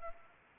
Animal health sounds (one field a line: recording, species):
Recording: mosquito wingbeat signal from an infrared sensor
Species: Anopheles arabiensis